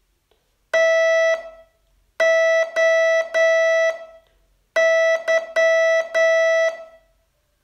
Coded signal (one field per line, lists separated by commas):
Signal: Morse code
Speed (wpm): 9 wpm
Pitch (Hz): 660 Hz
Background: none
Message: TOY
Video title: Learn Morse in 42 Days from VU2LAU - day 36 test 2